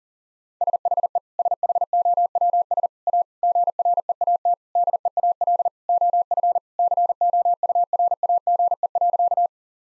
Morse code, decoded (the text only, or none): SHE SHOWS A GREAT DEAL OF COURAGE.